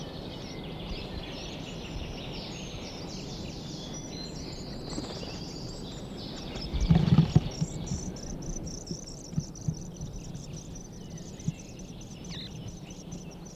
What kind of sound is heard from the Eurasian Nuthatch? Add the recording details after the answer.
call. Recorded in captivity. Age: immature. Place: Hannover, Tiergarten, Niedersachsen, DE. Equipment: Halbspur, 9,5 cm/s. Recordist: Lütgens, Hans. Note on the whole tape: Etwa 8tägig bei Fütterung